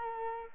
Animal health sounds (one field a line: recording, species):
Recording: mosquito wingbeat signal from an infrared sensor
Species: Culex quinquefasciatus